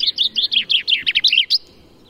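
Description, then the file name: Common chaffinch song: a quick run of about a dozen bright, chipping notes ending in a short flourish, then quiet. "Fringilla coelebs"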